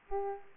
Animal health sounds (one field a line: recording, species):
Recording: mosquito wingbeat signal from an infrared sensor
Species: Aedes aegypti